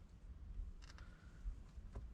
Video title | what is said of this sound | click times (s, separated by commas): REDARC Install Cummins TJ Part 2 | this isn't right it won't snap in critical correctly so | none